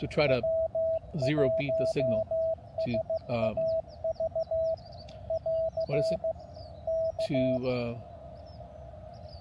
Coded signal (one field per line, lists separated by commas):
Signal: Morse code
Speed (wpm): 16 wpm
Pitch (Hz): 650 Hz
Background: speech, radio noise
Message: W1SAV <AR> K